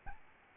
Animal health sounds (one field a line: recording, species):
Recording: mosquito wingbeat signal from an infrared sensor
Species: Aedes albopictus